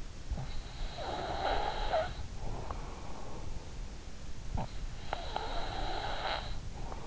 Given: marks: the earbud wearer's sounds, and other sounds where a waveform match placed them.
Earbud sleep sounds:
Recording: sounds in sleep by an in-ear microphone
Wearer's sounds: breath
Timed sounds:
0.50-2.96 s: breath
4.38-7.07 s: breath

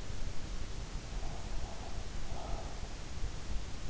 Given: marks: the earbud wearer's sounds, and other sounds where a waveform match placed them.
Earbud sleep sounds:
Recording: sounds in sleep by an in-ear microphone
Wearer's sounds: breath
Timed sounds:
0.99-3.07 s: breath

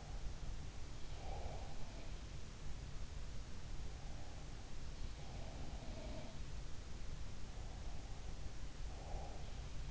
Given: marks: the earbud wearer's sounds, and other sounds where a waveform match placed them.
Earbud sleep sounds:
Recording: sounds in sleep by an in-ear microphone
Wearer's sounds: breath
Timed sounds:
0.00-2.21 s: breath
5.09-6.69 s: sound from someone else or the room
7.43-9.57 s: breath

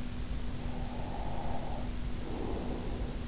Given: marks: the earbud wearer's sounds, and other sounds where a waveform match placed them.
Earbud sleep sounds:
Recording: sounds in sleep by an in-ear microphone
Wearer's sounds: breath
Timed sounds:
0.53-3.28 s: breath

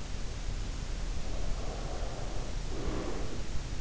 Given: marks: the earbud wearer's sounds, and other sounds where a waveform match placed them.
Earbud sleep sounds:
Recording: sounds in sleep by an in-ear microphone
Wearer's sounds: breath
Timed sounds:
1.29-3.40 s: breath

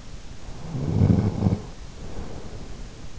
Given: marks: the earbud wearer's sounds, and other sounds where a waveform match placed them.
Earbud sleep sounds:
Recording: sounds in sleep by an in-ear microphone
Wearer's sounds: snoring breath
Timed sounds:
0.45-3.11 s: snoring breath

